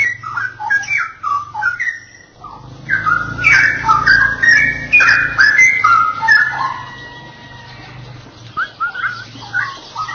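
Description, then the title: Oriental magpie-robin song: scratchy notes first, then a loud burst of rich whistles and warbles, fading into quieter phrases before resuming. "Kicau Kacer"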